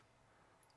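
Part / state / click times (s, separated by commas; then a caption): large lever-lock wiring connector onto fuel filter sensor/harness socket / seated / 0.6 s. A large lever-lock electrical connector on the fuel filter assembly of a 300 Series diesel engine, fitted during a fuel filter guard install, is pushed on from the back and its lever rolled over until it locks. Over steady low background noise, a short, sharp snap is heard at 0.6 s as the connector seats home.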